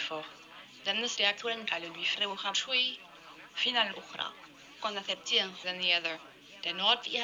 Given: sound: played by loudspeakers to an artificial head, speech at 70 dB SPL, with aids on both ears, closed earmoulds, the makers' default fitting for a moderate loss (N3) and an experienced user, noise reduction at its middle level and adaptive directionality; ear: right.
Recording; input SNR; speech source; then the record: speech test signal (ISTS) in cocktail-party noise; +9 dB; on the right (90 degrees)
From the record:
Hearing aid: class 1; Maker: G